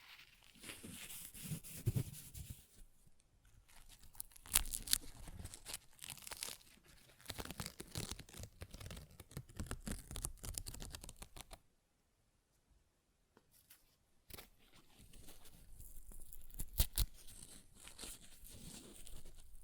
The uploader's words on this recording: ASMR Paper Ripping Tearing Sounds (No Talking).